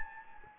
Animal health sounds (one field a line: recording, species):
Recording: mosquito wingbeat signal from an infrared sensor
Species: Anopheles gambiae